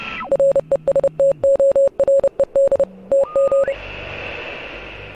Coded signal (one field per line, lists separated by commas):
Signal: Morse code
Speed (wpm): 30 wpm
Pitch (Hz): 550 Hz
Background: none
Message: RESTORED TG